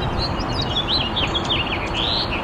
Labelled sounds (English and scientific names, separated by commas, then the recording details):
House Finch (Haemorhous mexicanus) song
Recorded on Long Island, New York, on 8 April 2011
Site FR
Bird A